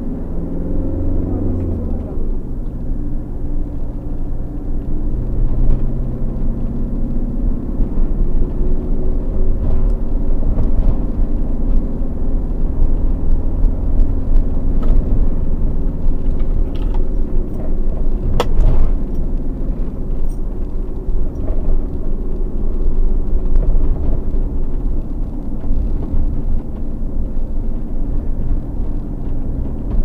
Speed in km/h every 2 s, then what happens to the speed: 21, 31, 33, 37, 38, 42, 44, 42, 38, 37, 38, 37, 29, 29, 33.
0-11 speeds up to 44. 11-23 steady at about 38. 23-25 brakes to 29.